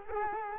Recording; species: mosquito wingbeat signal from an infrared sensor; Culex quinquefasciatus